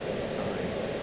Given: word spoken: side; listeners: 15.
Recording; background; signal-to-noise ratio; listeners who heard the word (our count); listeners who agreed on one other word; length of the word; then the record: one English word in noise, from a listening test; speech-shaped noise; -6.5 dB; 0 of 15; 9 of 15; 0.63 s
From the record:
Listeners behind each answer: 9, 2, 2, 2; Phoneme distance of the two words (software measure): 20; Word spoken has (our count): 1 syllable, 3 phonemes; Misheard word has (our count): 1 syllable, 3 phonemes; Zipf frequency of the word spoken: 5.55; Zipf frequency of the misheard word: 6.35